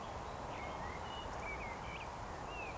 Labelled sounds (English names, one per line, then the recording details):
Eurasian Woodcock
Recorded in Baden-Württemberg, Germany, on 13 June 2020 at 19:36 UTC
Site 43791, 788 m above sea level